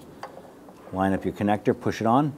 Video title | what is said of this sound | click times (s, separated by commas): How to Replace Air Charge Temperature Sensor 1992-1996 Toyota Camry (2.2L L4) | just work that into the rubber grommet snap it into place | 0.2 s